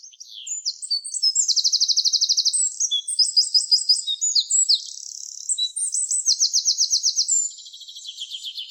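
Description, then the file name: Eurasian wren singing a long, high-pitched torrent of rapid trills and chattering notes, with several machine-gun rattles, lasting about seven seconds before fading. "Troglodytes troglodytes"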